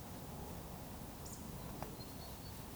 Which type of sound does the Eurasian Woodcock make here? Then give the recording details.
whistle. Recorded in Baden-Württemberg, Germany, on 19 May 2020 at 19:49 UTC. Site 31917, 145 m above sea level